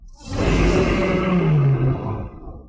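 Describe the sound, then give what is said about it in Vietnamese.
A single ferocious beast roar from a dense forest where creatures are fighting fiercely, deep and rumbling, swells quickly and holds loud for about two seconds with a falling growl before trailing off. No voices. “Từ trong rừng rậm vọng ra tiếng gầm hung bạo, có sinh vật đang chiến đấu kịch liệt.”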